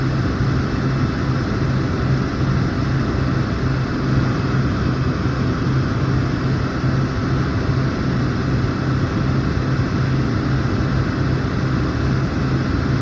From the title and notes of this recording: Hair Dryer Sound White Noise.